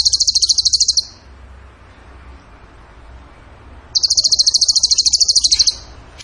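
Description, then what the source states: Bird song of two sustained, machine-gun-like high trills, each roughly one to two seconds long, separated by nearly three seconds of near silence. Masteran (training song for caged songbirds) in the tembakan gacor song style.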